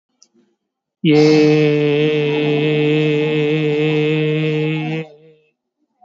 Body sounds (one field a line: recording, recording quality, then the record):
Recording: sustained vowel as in made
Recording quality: excellent, no background noise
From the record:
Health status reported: COVID-19 positive, no symptoms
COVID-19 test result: positive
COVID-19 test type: RT-PCR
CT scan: taken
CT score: 4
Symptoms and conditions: fever, diabetes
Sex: male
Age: 51 years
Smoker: no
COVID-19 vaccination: both doses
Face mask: worn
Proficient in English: yes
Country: India